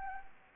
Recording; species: mosquito wingbeat signal from an infrared sensor; Anopheles arabiensis